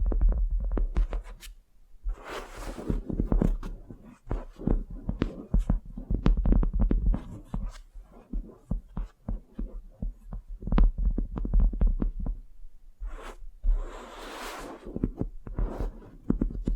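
Wax facial spa treatment sounds: dense, irregular sticky taps, squishes and soft crackles come in quick clusters for most of the seventeen seconds. Brighter rustling sweeps rise around two and fourteen seconds, and a deep low thump stays underneath throughout.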